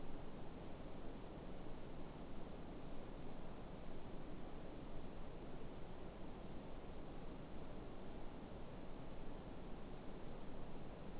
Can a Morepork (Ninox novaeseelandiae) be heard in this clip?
no